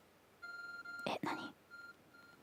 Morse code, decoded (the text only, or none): none